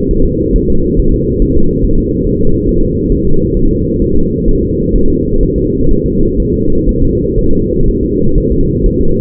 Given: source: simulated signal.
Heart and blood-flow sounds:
fetal heart sounds
0.11 s: S1
0.25 s: S2
0.56 s: S1
0.70 s: S2
0.99 s: S1
1.14 s: S2
1.42 s: S1
1.57 s: S2
1.84 s: S1
1.99 s: S2
2.27 s: S1
2.41 s: S2
2.69 s: S1
2.84 s: S2
3.12 s: S1
3.27 s: S2
3.57 s: S1
3.71 s: S2
4.02 s: S1
4.16 s: S2
4.48 s: S1
4.63 s: S2
4.96 s: S1
5.10 s: S2
5.43 s: S1
5.58 s: S2
5.91 s: S1
6.06 s: S2
6.40 s: S1
6.54 s: S2
6.89 s: S1
7.03 s: S2
7.39 s: S1
7.53 s: S2
7.88 s: S1
8.03 s: S2
8.38 s: S1
8.52 s: S2
8.86 s: S1
9.01 s: S2
From the record:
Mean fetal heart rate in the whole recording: 130 bpm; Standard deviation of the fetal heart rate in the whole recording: 4 bpm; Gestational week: 38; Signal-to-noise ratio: -17.7 dB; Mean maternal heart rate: 72 bpm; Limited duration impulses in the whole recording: present

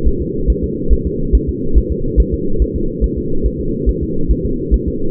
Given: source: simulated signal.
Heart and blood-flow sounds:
fetal heart sounds
0.07 s: S1
0.22 s: S2
0.50 s: S1
0.64 s: S2
0.93 s: S1
1.07 s: S2
1.35 s: S1
1.49 s: S2
1.77 s: S1
1.92 s: S2
2.20 s: S1
2.34 s: S2
2.62 s: S1
2.76 s: S2
3.04 s: S1
3.18 s: S2
3.46 s: S1
3.61 s: S2
3.89 s: S1
4.03 s: S2
4.31 s: S1
4.45 s: S2
4.74 s: S1
4.88 s: S2
From the record:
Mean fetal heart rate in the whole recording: 140 bpm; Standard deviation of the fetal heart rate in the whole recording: 2 bpm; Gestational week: 34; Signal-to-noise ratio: -8.1 dB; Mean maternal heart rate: 72 bpm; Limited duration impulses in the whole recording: absent

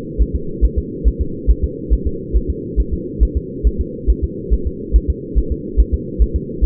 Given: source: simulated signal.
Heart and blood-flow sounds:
fetal heart sounds
0.22 s: S1
0.35 s: S2
0.65 s: S1
0.78 s: S2
1.08 s: S1
1.21 s: S2
1.51 s: S1
1.64 s: S2
1.93 s: S1
2.07 s: S2
2.36 s: S1
2.50 s: S2
2.80 s: S1
2.94 s: S2
3.23 s: S1
3.37 s: S2
3.67 s: S1
3.81 s: S2
4.10 s: S1
4.24 s: S2
4.53 s: S1
4.67 s: S2
4.96 s: S1
5.10 s: S2
5.38 s: S1
5.52 s: S2
5.80 s: S1
5.94 s: S2
6.22 s: S1
6.36 s: S2
6.64 s: S1
From the record:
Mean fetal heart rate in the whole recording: 140 bpm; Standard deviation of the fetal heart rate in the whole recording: 2 bpm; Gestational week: 34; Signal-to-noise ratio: -4.3 dB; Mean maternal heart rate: 72 bpm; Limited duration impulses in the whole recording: present

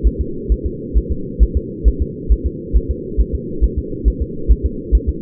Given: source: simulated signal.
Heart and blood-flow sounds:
fetal heart sounds
0.07 s: S1
0.21 s: S2
0.52 s: S1
0.66 s: S2
0.97 s: S1
1.12 s: S2
1.43 s: S1
1.57 s: S2
1.88 s: S1
2.02 s: S2
2.32 s: S1
2.47 s: S2
2.77 s: S1
2.91 s: S2
3.21 s: S1
3.35 s: S2
3.64 s: S1
3.78 s: S2
4.08 s: S1
4.22 s: S2
4.52 s: S1
4.66 s: S2
4.95 s: S1
5.09 s: S2
From the record:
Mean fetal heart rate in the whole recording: 135 bpm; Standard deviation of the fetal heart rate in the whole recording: 3 bpm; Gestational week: 34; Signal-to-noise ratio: -4.3 dB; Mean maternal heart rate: 72 bpm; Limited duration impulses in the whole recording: absent

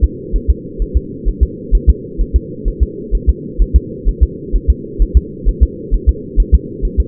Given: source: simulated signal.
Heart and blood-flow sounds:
fetal heart sounds
0.04 s: S2
0.36 s: S1
0.50 s: S2
0.82 s: S1
0.97 s: S2
1.28 s: S1
1.43 s: S2
1.75 s: S1
1.90 s: S2
2.21 s: S1
2.36 s: S2
2.68 s: S1
2.83 s: S2
3.15 s: S1
3.29 s: S2
3.62 s: S1
3.76 s: S2
4.09 s: S1
4.23 s: S2
4.56 s: S1
4.70 s: S2
5.02 s: S1
5.17 s: S2
5.49 s: S1
5.63 s: S2
5.94 s: S1
6.09 s: S2
6.40 s: S1
6.55 s: S2
6.85 s: S1
7.00 s: S2
From the record:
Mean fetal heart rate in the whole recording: 130 bpm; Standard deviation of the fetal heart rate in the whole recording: 2 bpm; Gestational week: 36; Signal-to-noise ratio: -4.1 dB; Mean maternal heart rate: no maternal heart sound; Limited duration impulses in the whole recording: absent

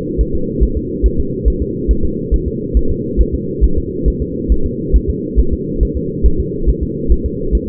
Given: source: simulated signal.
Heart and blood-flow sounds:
fetal heart sounds
0.21 s: S1
0.35 s: S2
0.63 s: S1
0.77 s: S2
1.06 s: S1
1.19 s: S2
1.48 s: S1
1.62 s: S2
1.91 s: S1
2.05 s: S2
2.34 s: S1
2.48 s: S2
2.77 s: S1
2.91 s: S2
3.21 s: S1
3.34 s: S2
3.64 s: S1
3.78 s: S2
4.08 s: S1
4.22 s: S2
4.52 s: S1
4.66 s: S2
4.96 s: S1
5.10 s: S2
5.40 s: S1
5.53 s: S2
5.83 s: S1
5.97 s: S2
6.26 s: S1
6.40 s: S2
6.69 s: S1
6.83 s: S2
7.12 s: S1
7.26 s: S2
7.55 s: S1
7.69 s: S2
From the record:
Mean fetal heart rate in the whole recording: 140 bpm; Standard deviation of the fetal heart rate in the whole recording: 2 bpm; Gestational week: 34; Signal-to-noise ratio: -8.1 dB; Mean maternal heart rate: 72 bpm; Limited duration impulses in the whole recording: absent

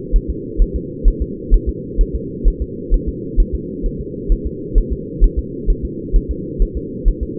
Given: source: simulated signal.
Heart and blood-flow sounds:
fetal heart sounds
0.16 s: S1
0.30 s: S2
0.62 s: S1
0.76 s: S2
1.08 s: S1
1.22 s: S2
1.54 s: S1
1.69 s: S2
2.01 s: S1
2.16 s: S2
2.48 s: S1
2.62 s: S2
2.94 s: S1
3.09 s: S2
3.40 s: S1
3.55 s: S2
3.86 s: S1
4.01 s: S2
4.32 s: S1
4.47 s: S2
4.78 s: S1
4.93 s: S2
5.24 s: S1
5.39 s: S2
5.70 s: S1
5.85 s: S2
6.16 s: S1
6.31 s: S2
6.62 s: S1
6.77 s: S2
7.08 s: S1
7.23 s: S2
From the record:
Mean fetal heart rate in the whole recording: 130 bpm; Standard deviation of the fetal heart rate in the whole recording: 2 bpm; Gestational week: 38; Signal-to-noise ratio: -4.1 dB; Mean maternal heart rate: no maternal heart sound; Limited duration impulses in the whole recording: absent

